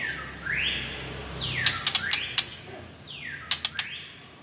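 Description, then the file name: White-rumped shama song with broad sweeping whistles that dip and climb, interrupted by quick bursts of crisp clicks. Female bird. "murai batu betina"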